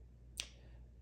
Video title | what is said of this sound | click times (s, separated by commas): Lego speed champions set #76924: the set that pissed me off | I don't know if you heard that click sound, but that was a sound of another piece popping off. | 0.4 s